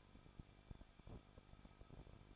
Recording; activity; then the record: daily activity, microphone in the room; no activity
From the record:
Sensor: 5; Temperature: 20.9 degrees Celsius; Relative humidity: 38.1%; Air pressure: 1006.4 hPa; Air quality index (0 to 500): 187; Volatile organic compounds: 18 ppm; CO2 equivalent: 2624 ppm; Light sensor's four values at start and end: 2/3/1/1 and 2/3/1/1